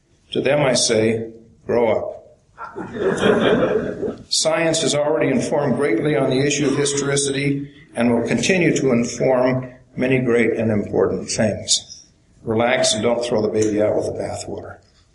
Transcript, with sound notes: To them I say, “grow up!” (laughter) Science has already informed greatly on the issue of historicity and will continue to inform many great and important things. Relax and don’t throw the baby out with the bathwater.